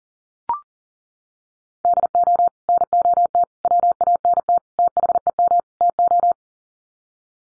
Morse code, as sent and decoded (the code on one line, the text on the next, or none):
-.. --- / -. --- - / .-- .- -. - / - .... . -- / - ---
DO NOT WANT THEM TO